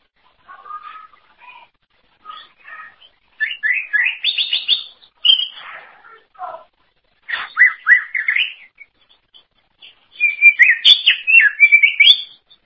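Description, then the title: Greater green leafbird song: soft scattered notes building into louder, varied bursts of whistles and quick chirps. "Cucak ijo"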